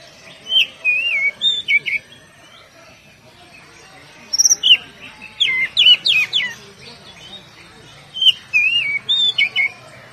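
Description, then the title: Oriental magpie-robin singing rapid, varied whistled phrases with warbling and sharp chirps, repeated in bursts with brief pauses between them. "Kacer"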